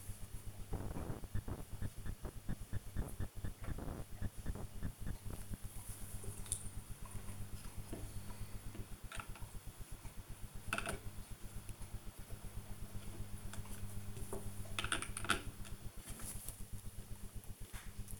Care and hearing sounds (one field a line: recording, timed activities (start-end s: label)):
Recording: household activities, microphone on the right wrist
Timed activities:
0.00-18.20 s: building with lego